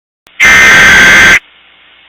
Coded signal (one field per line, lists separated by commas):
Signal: Emergency Alert System (SAME) tones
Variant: header bursts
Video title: Emergency Alert System - Suicidal Tendencies (S1EP1)